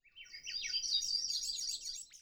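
Bird calls: a rapid run of high, thin twittering chirps that rise and fall in quick succession for about two seconds.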